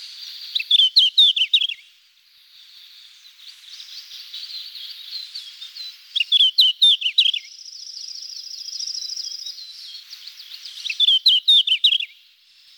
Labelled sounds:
Red-flanked Bluetail (Tarsiger cyanurus) song

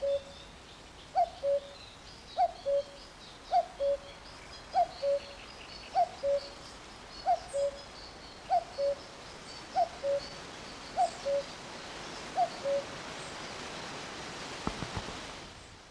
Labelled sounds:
Common Cuckoo (Cuculus canorus) call

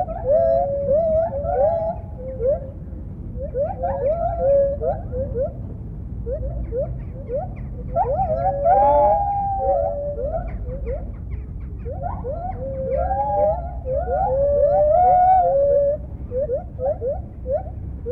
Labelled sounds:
Lar Gibbon (Hylobates lar)

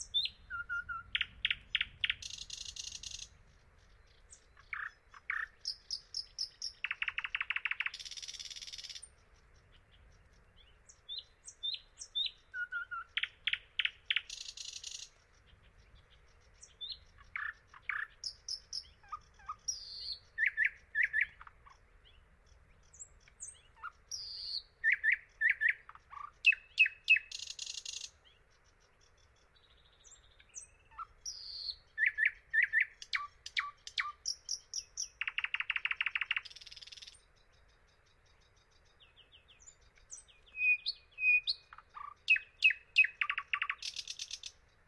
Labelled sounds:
Thrush Nightingale (Luscinia luscinia) song

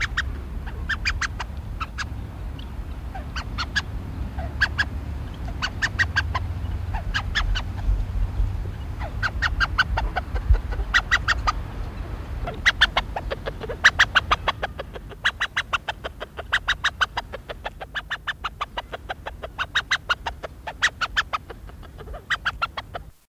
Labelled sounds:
Spur-winged Goose (Plectropterus gambensis) call

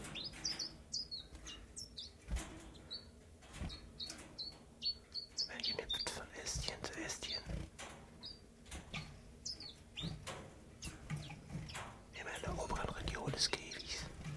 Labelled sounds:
Common Chiffchaff (Phylloscopus collybita)

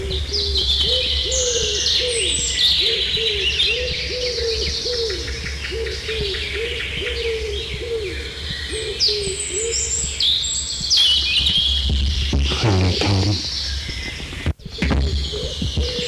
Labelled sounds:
Common Chaffinch (Fringilla coelebs) song

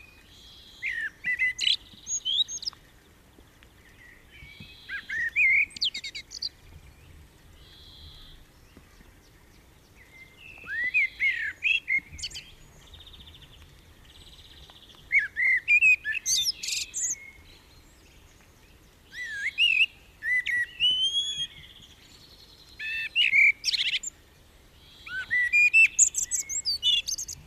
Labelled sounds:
Common Blackbird (Turdus merula) song

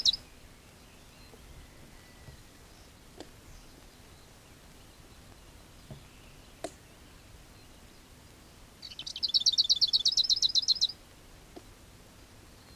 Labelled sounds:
Lesser Whitethroat (Sylvia curruca) song

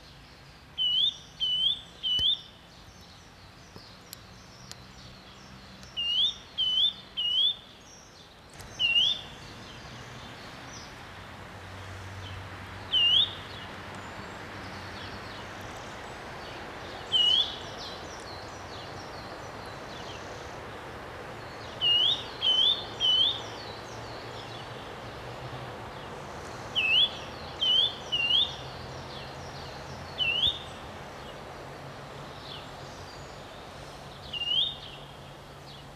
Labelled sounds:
Eurasian Nuthatch (Sitta europaea) song

